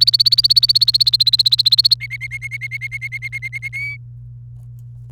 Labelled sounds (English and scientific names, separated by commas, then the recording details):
Domestic Canary (Serinus canaria) song
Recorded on 29 April 2018 at 15:19
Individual llb3